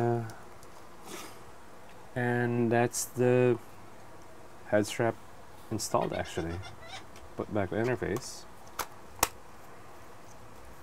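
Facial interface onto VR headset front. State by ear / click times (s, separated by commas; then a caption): partly seated / 8.8 s, 9.2 s. After a BOBOVR M2 Pro head strap is fitted to an Oculus/Meta Quest 2 VR headset, the facial interface is pressed back onto the front of the headset while someone talks. Two sharp clicks are heard at 8.8 s and 9.2 s. The interface only partly clicks in, with its top edge not clicked in.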